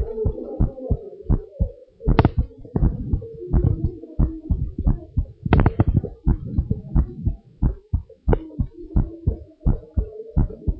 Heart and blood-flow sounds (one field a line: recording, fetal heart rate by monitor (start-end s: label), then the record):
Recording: heart sounds of a pregnant woman by stethoscope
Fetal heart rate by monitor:
no fetal heartbeat
From the record:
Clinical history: severe change in fetal heart rate, gestational diabetes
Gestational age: 38 weeks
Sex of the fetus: boy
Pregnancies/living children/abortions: 10/0/9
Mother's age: 35 years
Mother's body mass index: 32.9